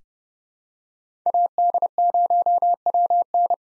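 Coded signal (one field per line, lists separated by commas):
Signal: Morse code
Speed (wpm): 31 wpm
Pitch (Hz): 700 Hz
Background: none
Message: AD0WN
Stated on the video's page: Head-copy drill of common POTA activator call signs sent at 30 wpm, each sent in Morse, spoken, then sent again.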